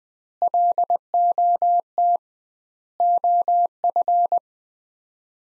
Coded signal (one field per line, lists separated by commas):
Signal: Morse code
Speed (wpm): 20 wpm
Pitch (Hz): 700 Hz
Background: none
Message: LOT OF